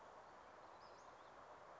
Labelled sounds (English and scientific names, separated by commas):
Western Flycatcher (Empidonax difficilis)